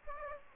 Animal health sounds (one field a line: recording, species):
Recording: mosquito wingbeat signal from an infrared sensor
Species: Aedes aegypti